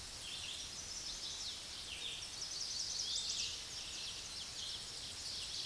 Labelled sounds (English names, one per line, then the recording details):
Chestnut-sided Warbler song
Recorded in a Pennsylvania forest on 16 May 2024 at 06:18
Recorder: AudioMoth, point MSD-2095
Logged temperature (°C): 16.3 °C
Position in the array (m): 71 m, 63 m